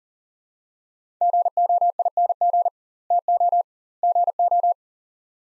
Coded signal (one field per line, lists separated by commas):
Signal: Morse code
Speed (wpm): 40 wpm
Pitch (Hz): 700 Hz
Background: none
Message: GOING TO GO